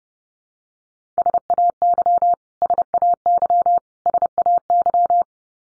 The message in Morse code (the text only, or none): SAY SAY SAY